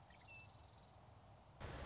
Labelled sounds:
Western Meadowlark (Sturnella neglecta)
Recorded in Sonoma County, California

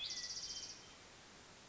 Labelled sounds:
Spotted Towhee (Pipilo maculatus)
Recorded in Sonoma County, California

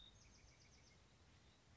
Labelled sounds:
Bewick's Wren (Thryomanes bewickii)
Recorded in Sonoma County, California

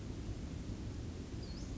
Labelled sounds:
Western Flycatcher (Empidonax difficilis)
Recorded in Sonoma County, California

